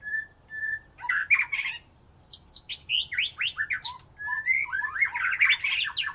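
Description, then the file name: White-rumped shama song opening with two short whistles, followed by busy bursts of sharp, slurred whistles and harsher notes in quick succession. "murai batu"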